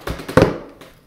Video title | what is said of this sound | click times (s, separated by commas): Gumdrop case | snap it down. | 0.4 s